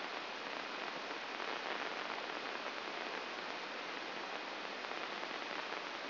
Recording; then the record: brain microelectrode recording played as sound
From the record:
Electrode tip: inside the subthalamic nucleus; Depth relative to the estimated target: 0 mm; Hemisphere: left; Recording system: AlphaMap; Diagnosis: Parkinson's disease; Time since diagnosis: 19 years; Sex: male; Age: 59 years